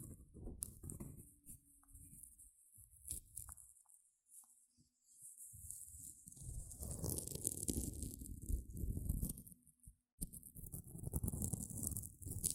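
Gentle scratching comes in uneven bursts, rough and rustly in the low and middle range with a thin hiss above. The strokes are dense at first, pause almost completely around four to five seconds, then return fuller and busier, with a brief silent gap near ten seconds.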